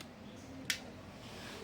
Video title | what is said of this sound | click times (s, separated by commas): Mesin cuci SHARP type ES-FL872 susah START dan indikator berkedip- kedip @mroplok-othok2888 | Nah, untuk doorlock sudah main. Terdengar tadi ceklek suara doorlock main | 0.7 s